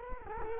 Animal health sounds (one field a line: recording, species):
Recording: mosquito wingbeat signal from an infrared sensor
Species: Culex quinquefasciatus